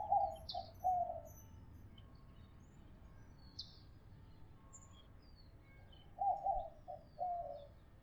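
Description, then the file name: White-winged dove cooing: a short broken phrase of low hooting notes at the start, repeated near the end, with faint high chirps from other birds between. "zenaida asiatica"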